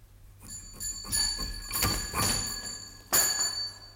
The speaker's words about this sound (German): Eines Abends im Juni 1889, ungefähr um die Stunde, wo man gewöhnlich anfängt zu gähnen, wurde bei mir zu Hause die Glocke gezogen.